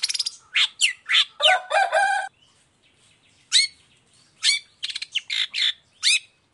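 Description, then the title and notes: Long-tailed shrike song: a rapid burst of scratchy and buzzy notes, a short pause, then further sharp, chattering phrases. Morning singing, actively and full-voiced, in a 'toet toet' variation with a clear voice and varied phrases, presented as easy for other long-tailed shrikes to copy. "Cendet Gacor Dor Di Kala Pagi Toet Toet Variasi Suara. Efektif Cendet Gacor Suara Jernih Full Variasi Sangat Mudah Di Tiru Cendet Jenis Apapun. Burung cendet"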